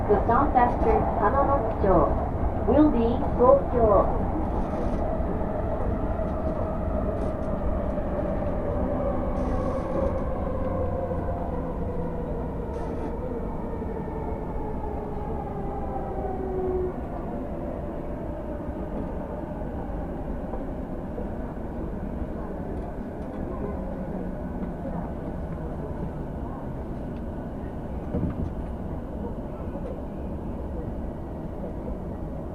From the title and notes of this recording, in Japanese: 耳で楽しむ鉄道旅 山手・京浜東北・中央線 目黒→田町→東京→御茶ノ水。目黒からは山手線内回りに乗って田町まで移動し、京浜東北線の快速電車に乗り換えて東京に向かいます。東京からは中央線快速で御茶ノ水へ。